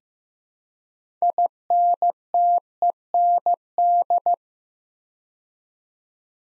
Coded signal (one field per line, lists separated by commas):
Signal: Morse code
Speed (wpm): 15 wpm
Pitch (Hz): 700 Hz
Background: none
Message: INTEND